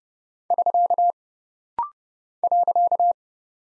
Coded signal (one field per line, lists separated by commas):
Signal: Morse code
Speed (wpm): 30 wpm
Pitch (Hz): 700 Hz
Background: none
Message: <SK> .